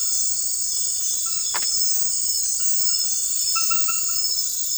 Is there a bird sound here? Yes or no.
no